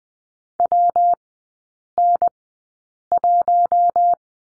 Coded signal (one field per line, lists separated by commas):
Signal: Morse code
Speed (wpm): 20 wpm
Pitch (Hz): 700 Hz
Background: none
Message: WN1